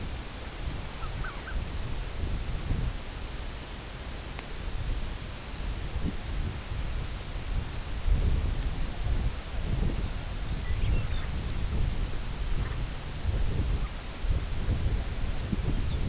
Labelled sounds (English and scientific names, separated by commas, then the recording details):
unidentified sound, Lapland Longspur (Calcarius lapponicus)
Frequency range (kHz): Lapland Longspur (Calcarius lapponicus) 0.8-5.6 kHz
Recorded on Arctic tundra, site CORI-1, on 18 June 2018
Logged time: 22:00